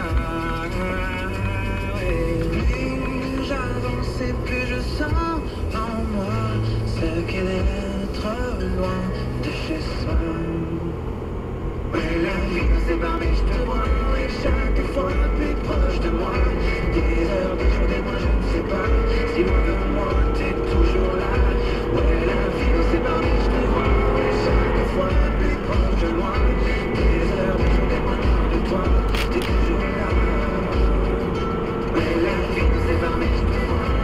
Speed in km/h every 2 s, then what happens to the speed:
32, 37, 39, 41, 39, 45, 48, 52, 59, 65, 68, 76, 77, 83, 84, 85, 85.
0-3 speeds up to 39. 3-8 steady at about 39. 8-25 speeds up to 83. 25-34 steady at about 84.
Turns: none.